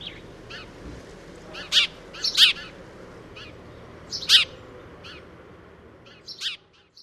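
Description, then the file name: House sparrow chirping in short, sharp notes at uneven intervals, a few louder chirps standing out over quieter background twittering. "Wróbel"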